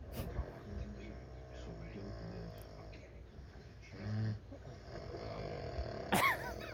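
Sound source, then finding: Sleeper. Snoring.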